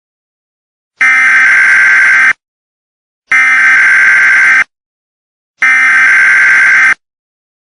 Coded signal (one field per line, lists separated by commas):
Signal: Emergency Alert System (SAME) tones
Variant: header bursts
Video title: EAS Scenario | Spinning Hell